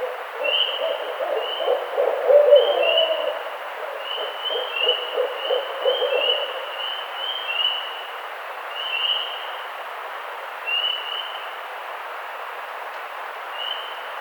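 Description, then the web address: Barred owl giving low, throaty hooting notes for the first six seconds, with high, short peeping notes repeating throughout. Recorded 18 April 2009. "Barred Owl 2009 04 18 Barred Owl 01"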